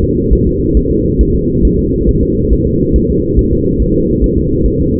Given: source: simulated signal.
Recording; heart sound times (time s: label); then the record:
fetal heart sounds
0.04 s: S2
0.33 s: S1
0.47 s: S2
0.77 s: S1
0.91 s: S2
1.21 s: S1
1.35 s: S2
1.65 s: S1
1.79 s: S2
2.09 s: S1
2.23 s: S2
2.53 s: S1
2.67 s: S2
2.96 s: S1
3.10 s: S2
3.39 s: S1
3.53 s: S2
3.82 s: S1
3.96 s: S2
4.24 s: S1
4.38 s: S2
4.66 s: S1
4.80 s: S2
From the record:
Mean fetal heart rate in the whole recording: 140 bpm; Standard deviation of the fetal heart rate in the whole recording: 2 bpm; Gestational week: 34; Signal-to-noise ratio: -14.7 dB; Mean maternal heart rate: 72 bpm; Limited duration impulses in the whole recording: present